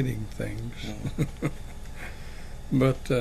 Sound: chuckling

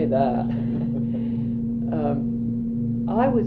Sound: laughter

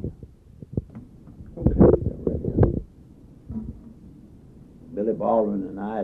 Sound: microphone noise

